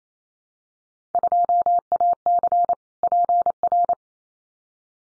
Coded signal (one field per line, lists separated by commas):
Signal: Morse code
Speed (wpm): 28 wpm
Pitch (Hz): 700 Hz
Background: none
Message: 2AC PR